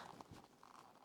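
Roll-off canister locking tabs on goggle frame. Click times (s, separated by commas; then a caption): 0.2 s, 0.6 s. The plastic locking tabs of a roll-off canister are pushed in on the frame of a 100% Armega goggle, giving two short, sharp clicks at 0.2 s and 0.6 s over faint rustling and handling noise. The tabs click shut and the canister is seated.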